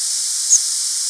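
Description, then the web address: Black-and-white warbler flight call: one very short, thin, high note over a steady background hiss. Flight call given during nocturnal flight. "warblers bbwa"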